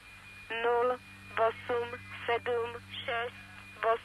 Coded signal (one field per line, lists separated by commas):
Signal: numbers station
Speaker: that is an example of a number station broadcast and those you admit they it's kind of weird sounding